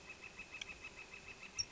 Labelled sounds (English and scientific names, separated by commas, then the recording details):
Northern Flicker (Colaptes auratus)
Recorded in Sonoma County, California